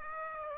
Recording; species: mosquito wingbeat signal from an infrared sensor; Aedes aegypti